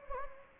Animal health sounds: mosquito wingbeat signal from an infrared sensor; Anopheles gambiae

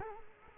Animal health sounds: mosquito wingbeat signal from an infrared sensor; Culex quinquefasciatus

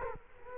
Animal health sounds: mosquito wingbeat signal from an infrared sensor; Culex quinquefasciatus

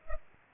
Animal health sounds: mosquito wingbeat signal from an infrared sensor; Culex pipiens

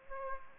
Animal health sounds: mosquito wingbeat signal from an infrared sensor; Aedes aegypti

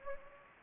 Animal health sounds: mosquito wingbeat signal from an infrared sensor; Anopheles gambiae

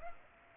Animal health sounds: mosquito wingbeat signal from an infrared sensor; Aedes aegypti

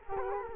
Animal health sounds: mosquito wingbeat signal from an infrared sensor; Culex quinquefasciatus

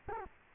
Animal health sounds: mosquito wingbeat signal from an infrared sensor; Culex quinquefasciatus

